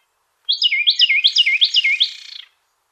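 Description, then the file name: Carolina wren giving a single loud song bout of several quick, repeated whistled phrases, each dropping in pitch, fading at the end. Fourth song variation of this species. "suara-kicauan-burung-carolina-wren-variasi-4-omkicau"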